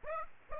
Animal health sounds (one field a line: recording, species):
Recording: mosquito wingbeat signal from an infrared sensor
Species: Aedes aegypti